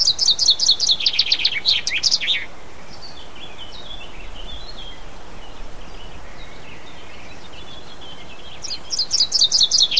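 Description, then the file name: Common chaffinch singing: a full phrase falling in pitch, quieter birdsong in the middle, then a new phrase starting at the end. "pinson"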